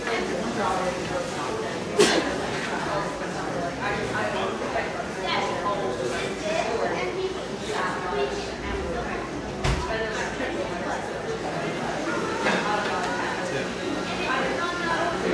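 Crowd chatter in Portland's Pearl District: many voices talking at once in a steady, dense murmur that never drops out. A few sharp knocks or clatters cut through, one near two seconds and a louder one close to ten seconds.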